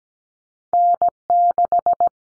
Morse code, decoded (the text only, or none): N6